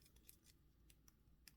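A plastic armor piece for a 1/144 High Grade RX-81ST G-Line Standard Armor model kit is fitted underneath an existing part and pressed on. Faint rustling and small taps lead to a sharp click at 1.5 s, and the piece seats firmly in place.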